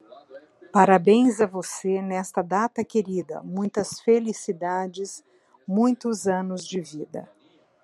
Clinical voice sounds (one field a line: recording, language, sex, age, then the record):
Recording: short text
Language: Brazilian Portuguese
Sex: female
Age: 50 to 59 years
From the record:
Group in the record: control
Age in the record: 57 years